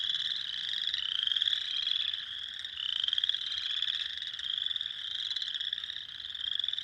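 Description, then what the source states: Spring peeper chorus: high, clear peeps sliding upward, layered thickly and pulsing in loudness throughout. Several spring peepers, recorded 6 April 2021.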